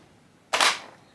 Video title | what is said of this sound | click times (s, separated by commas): “Best Vacuum Sealer Under $55 (Real-Life Testing With Freezer Cubes)” | Okay, it clicked. | 0.5 s